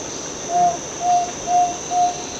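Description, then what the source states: Fluffy-backed tit-babbler calling a run of four pure, level whistled notes at an even half-second pace, with a steady insect drone behind. Recorded 1 March 2008.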